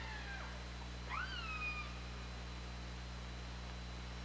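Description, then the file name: Killer whale call: one clear harmonic cry that leaps upward, then slides down and levels off, with a faint earlier falling call and constant low hum. Recorded on the OrcaLab hydrophone, 24 August 2017, at 20:23. "Orca Lab UTLN JASON 20170824"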